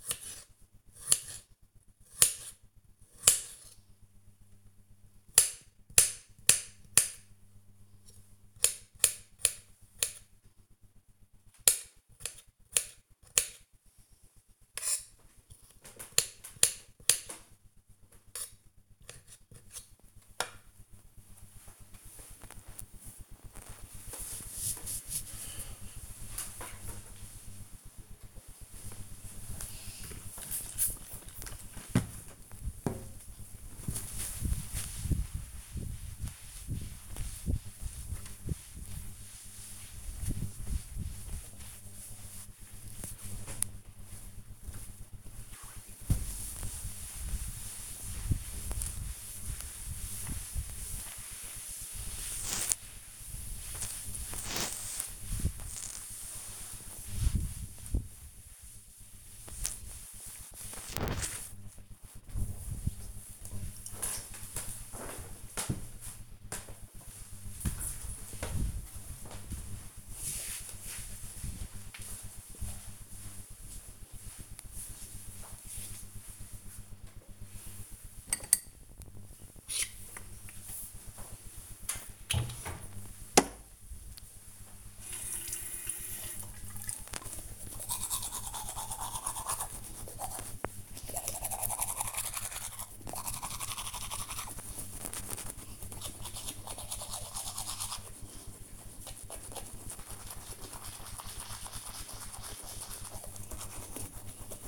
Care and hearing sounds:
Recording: household activities, microphone on the right wrist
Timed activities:
0.00-19.71 s: cutting vegetables
27.75-62.04 s: cleaning table
76.14-104.68 s: brushing teeth

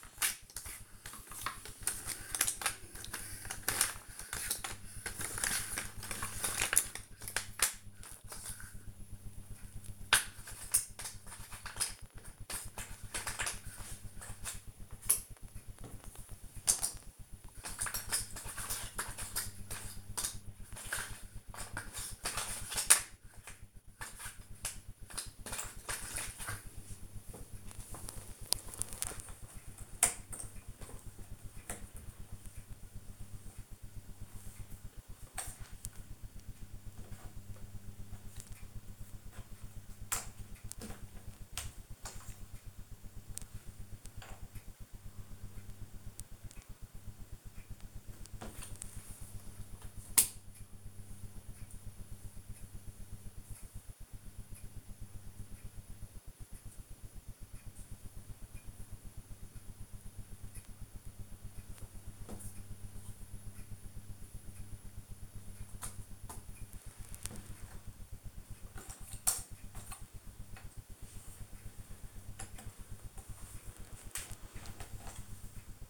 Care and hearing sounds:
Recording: household activities, microphone on the right wrist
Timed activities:
0.00-75.90 s: doing a puzzle

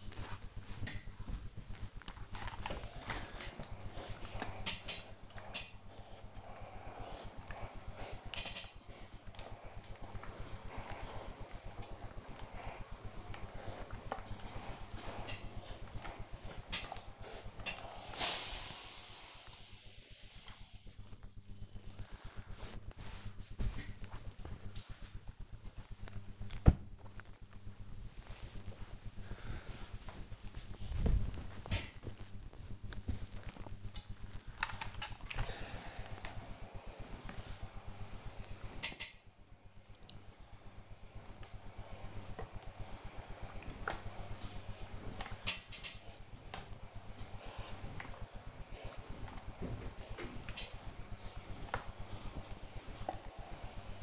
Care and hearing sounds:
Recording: household activities, microphone on the right wrist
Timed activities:
35.10-54.03 s: ironing laundry

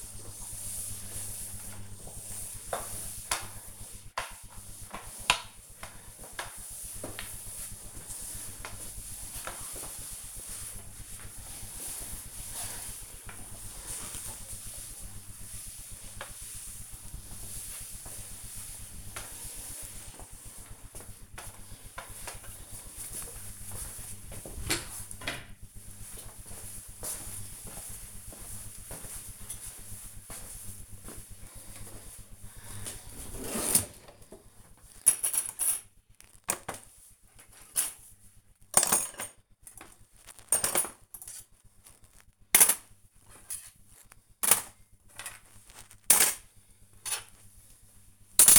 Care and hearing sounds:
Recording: household activities, microphone on the right wrist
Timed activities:
0.00-22.23 s: floor cleaning
31.29-48.59 s: putting away the dishes

